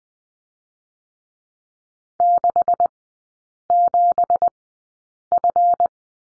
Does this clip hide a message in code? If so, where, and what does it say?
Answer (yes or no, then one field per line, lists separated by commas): yes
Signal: Morse code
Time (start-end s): 2.2-5.9 s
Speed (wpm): 20 wpm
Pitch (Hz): 700 Hz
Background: none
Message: 67F